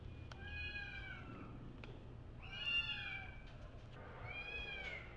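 Domestic cat kittens giving short, thin meows in three bursts, over a faint low background hum and a few soft clicks.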